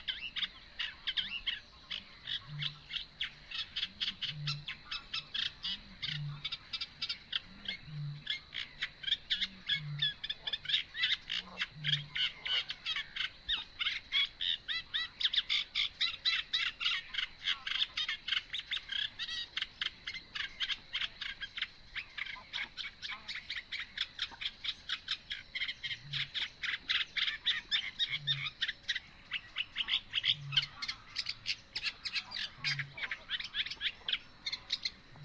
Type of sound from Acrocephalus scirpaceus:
song